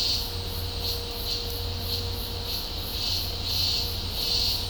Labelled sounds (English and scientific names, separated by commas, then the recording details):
none
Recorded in dense forest near Puerto Asís, Putumayo, Colombia, on 26 December 2024 at 11:00
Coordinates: 0.503, -76.323
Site G043